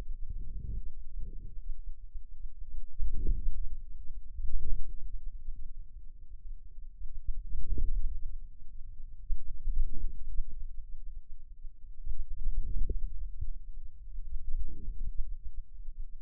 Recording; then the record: forearm muscle sounds (acoustic myography)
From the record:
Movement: hand closing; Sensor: system 2, bracelet of six BSWA MPA416 microphones around the upper forearm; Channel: 5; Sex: male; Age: 22 years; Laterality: right